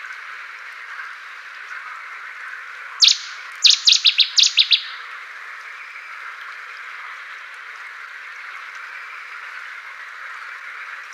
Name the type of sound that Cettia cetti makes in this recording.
song